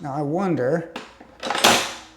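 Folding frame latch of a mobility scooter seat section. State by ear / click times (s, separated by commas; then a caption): seated / 1.7 s. Someone talks while unfolding a Travel Buggy Helix mobility scooter: the red rear lever is lifted and the seating system swings forward with some metallic rattling. At 1.6 s the metal folding seat frame latch snaps shut with a loud, sharp click, and the frame is latched.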